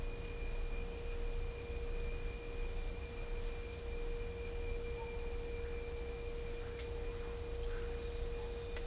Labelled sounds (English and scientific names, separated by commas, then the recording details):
none
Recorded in dense forest near Puerto Asís, Putumayo, Colombia, on 18 December 2024 at 13:30
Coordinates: 0.500, -76.322
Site G053